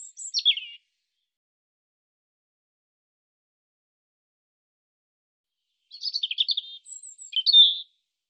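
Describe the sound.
European robin singing: a short descending high flourish at the start, a long pause, then a tumbling phrase of sweet trills and thin whistled notes near the end.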